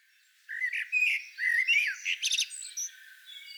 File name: Turdus merula